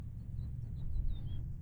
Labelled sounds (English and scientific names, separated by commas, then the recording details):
House Finch (Haemorhous mexicanus) song
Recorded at North Valley Stream on Long Island, New York, on 11 June 1975
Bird C